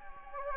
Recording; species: mosquito wingbeat signal from an infrared sensor; Anopheles gambiae